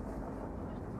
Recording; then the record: background sound without coughing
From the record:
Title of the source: Train Ride Ambience ambient white noise for sleeping, focus, studying, reading